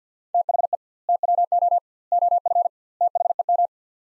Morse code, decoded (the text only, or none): THE TWO OF THEM